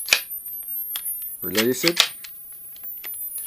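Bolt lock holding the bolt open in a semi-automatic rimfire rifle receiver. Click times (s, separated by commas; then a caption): 0.1 s. A single sharp metallic click at 0.1 s marks the bolt lock engaging after the steel bolt of a Ruger 10/22 Takedown semi-automatic rimfire rifle is pulled back and the bolt lock is pushed down to hold the action open in the receiver. Someone talks afterward, with faint clicks and handling noise. The bolt locks open into place.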